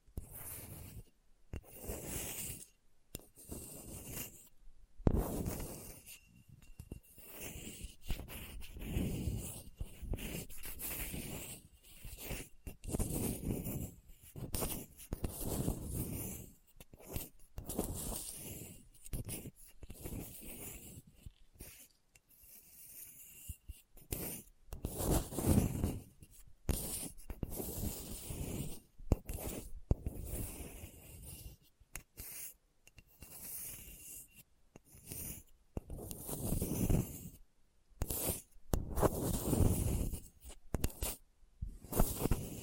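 Hard, bumpy surface scratching in quick irregular strokes, rasping across low and bright tones with brief silent gaps throughout, some strokes sharply louder.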